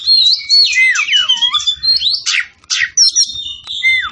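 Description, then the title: Oriental magpie-robin singing looping slurred whistles that sweep down and up, then harsh rasping bursts and bright high notes, with soft low background hum. Bird from Tretes, singing vigorously (gacor). "Kacer Tretes"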